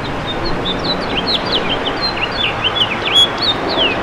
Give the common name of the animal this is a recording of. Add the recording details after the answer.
House Finch. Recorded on Long Island, New York, on 8 June 2012. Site WH. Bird D